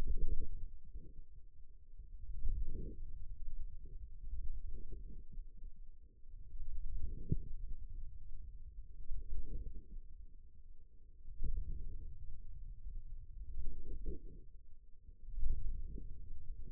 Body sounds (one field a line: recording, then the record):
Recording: forearm muscle sounds (acoustic myography)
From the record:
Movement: radial deviation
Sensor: system 2, bracelet of six BSWA MPA416 microphones around the upper forearm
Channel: 3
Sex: male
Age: 22 years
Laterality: right